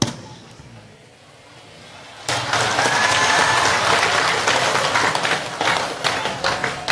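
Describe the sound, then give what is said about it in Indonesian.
After about two seconds of near quiet, an audience suddenly breaks into loud, dense applause that carries on steadily to the end, with many hands clapping at once. “Jadi di masjid itu gak ada tepuk tangan, deh.”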